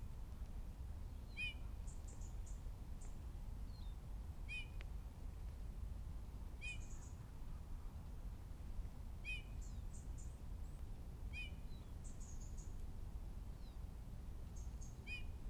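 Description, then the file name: Eurasian bullfinch calls, short soft descending notes repeated every few seconds, with faint high twittering between them and constant low background rumble. "Pyrrhula pyrrhula"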